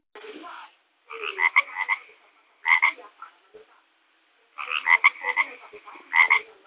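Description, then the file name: Frog croaks in four bursts of rapid, rasping pulsed notes with bright harmonics, separated by short silences; no other sounds stand out. "kokak"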